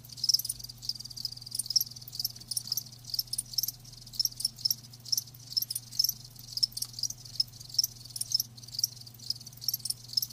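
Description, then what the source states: Crickets chirping in short high pulses, repeated steadily, over a faint low steady hum. Live crickets chirping, offered as a lulling song to help with sleep.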